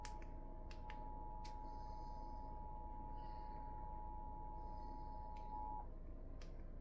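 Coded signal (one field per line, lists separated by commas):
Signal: Emergency Alert System (SAME) tones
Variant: 853 and 960 Hz attention tone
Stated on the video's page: Flood warning alert carried on a PBS station's live stream.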